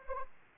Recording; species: mosquito wingbeat signal from an infrared sensor; Anopheles arabiensis